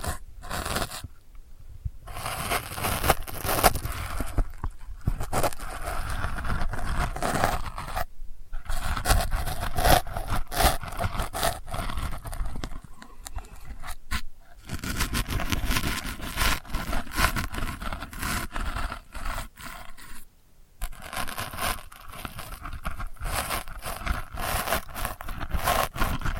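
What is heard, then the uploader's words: Delicate scratching runs almost continuously, a dense, rough, crinkly texture with fine bright grit over a low rumble. The scraping comes in bursts separated by brief silences, near 2, 8, 14 and 20 seconds, with a steady level otherwise. ASMR Delicate Scratching for Sleep (No Talking).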